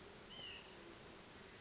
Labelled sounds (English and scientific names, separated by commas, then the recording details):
White-breasted Nuthatch (Sitta carolinensis)
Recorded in Sonoma County, California